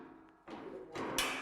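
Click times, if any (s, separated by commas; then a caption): 1.2 s. A steel pallet rack beam is set onto a slotted steel upright, with a dull knock near 0.5 s and a rising rattle before its end connector drops into place with a sharp, bright click at 1.2 s. The beam locks into place on the upright.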